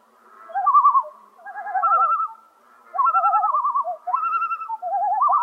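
Common loon tremolos in close succession, rapid quavering warbles at two alternating pitches with only brief pauses between phrases.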